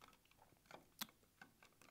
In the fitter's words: drangesetzt zusammengesetzt eingerastet so und so und